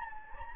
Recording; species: mosquito wingbeat signal from an infrared sensor; Anopheles gambiae